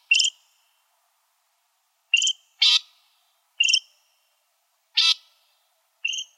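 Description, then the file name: Loggerhead shrike giving short harsh notes alternating with broader rasping bursts, separated by silences. "LOSH 4 A deviche"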